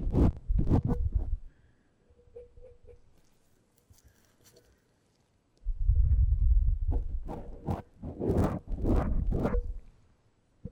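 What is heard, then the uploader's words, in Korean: A tip brush rubs across a microphone in quick swishing strokes, each one a deep rumbling scrape with a bright crackle on top. A short flurry opens the clip, then a near-silent gap with a faint tone, then a denser, louder run of strokes from about six seconds on. 마이크를 팁브러시로 슥슥 ASMR (feat. 라텍스장갑, no talking).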